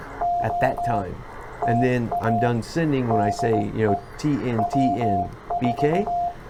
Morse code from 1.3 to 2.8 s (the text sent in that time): TA